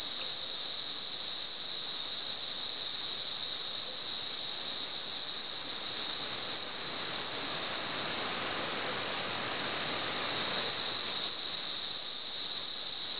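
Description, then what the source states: Cicada: a continuous high shrill buzz that softens briefly in the second half and then returns to full strength. At San Ramon.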